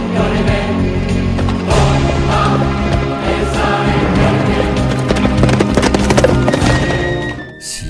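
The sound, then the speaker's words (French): A horse ridden by a rider in armour gallops along a road in a steady, rapid drumming of hooves, loud and continuous, with dense clattering beats that fade out abruptly just before the end. “Imaginez ce cavalier revêtu de sa cuirasse galoper le long de nos routes tandis qu'au-dessus de lui passe un gros avion civil.”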